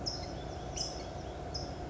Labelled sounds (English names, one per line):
California Towhee